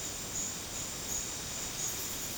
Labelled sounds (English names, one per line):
none